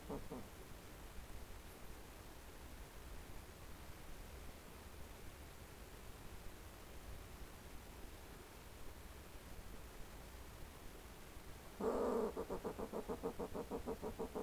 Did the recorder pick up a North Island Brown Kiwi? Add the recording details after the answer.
no. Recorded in New Zealand on 18 December 2013. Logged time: 22:59. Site CJ71